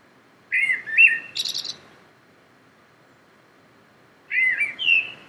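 Common blackbird singing: two phrases of rich whistled notes, the first ending in a scratchy high flourish, separated by a few seconds of silence.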